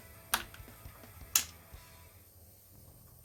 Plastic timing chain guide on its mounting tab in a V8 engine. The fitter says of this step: will know when you can stow this correctly when you hear the click on the bottom tab here the